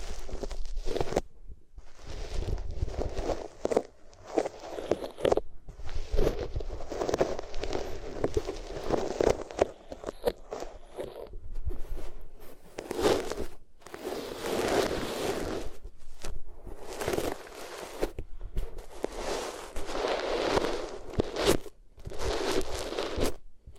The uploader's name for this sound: Rubbing Your Ears on Different Materials